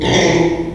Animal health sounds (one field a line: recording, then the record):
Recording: squeal of a Yucatan mini pig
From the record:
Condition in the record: before surgery on the right vocal fold (resection and tissue-engineered implant)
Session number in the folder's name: 1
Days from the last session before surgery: -3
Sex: male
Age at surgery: 12 weeks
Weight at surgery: 13 kg